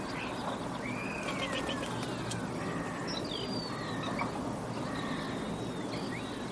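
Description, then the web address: Birds give drawn-out sweeping whistles, rising then falling, plus a few short chirps, heard over a steady low rumble and hiss. "Bird Only"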